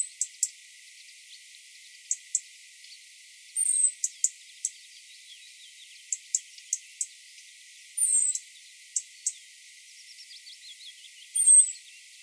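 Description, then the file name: European robin giving thin, very high drawn-out call notes, three in all spaced a few seconds apart, with sharp dry clicks and ticks scattered between them. "Erithacus rubecula"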